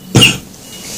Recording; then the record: coughing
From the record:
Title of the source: Spring Cold Coughing.